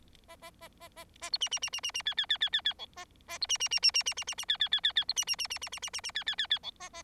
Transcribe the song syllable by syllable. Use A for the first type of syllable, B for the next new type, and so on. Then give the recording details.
A A A A A A B C C C C C C D D D D D D E A A B C C C C C C C C C D D D D D B C C C C C C C C C D D D D E A A. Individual Bird4